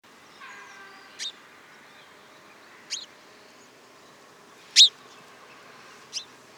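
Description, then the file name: House sparrow giving four short, sharp, high chirps spaced one to two seconds apart over a quiet hiss. "Passer domesticus"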